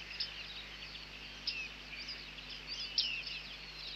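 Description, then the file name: Bearded reedling calls: sparse, soft metallic pings with short falling slurs, a louder downward note near the end, over steady hiss. "Bearded Tit (Panurus biarmicus)"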